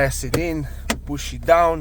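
Someone talks while handling the shifter console switch panel of a 2010–2014 Ford Mustang as it is pushed down into the center console by its plastic retaining clips. A few brief knocks come through under the speech, but nothing has seated or clicked into place yet.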